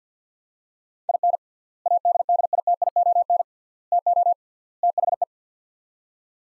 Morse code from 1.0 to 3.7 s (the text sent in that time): IN ADDITION